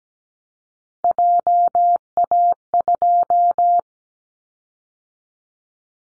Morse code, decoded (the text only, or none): JA2